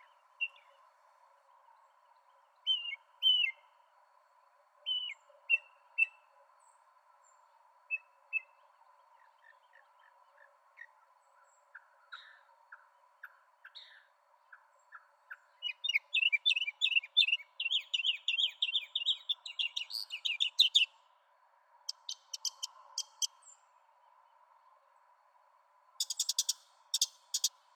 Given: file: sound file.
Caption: Bird B. Mockingbird song material analyzed in this exploratory analysis is from five individual birds.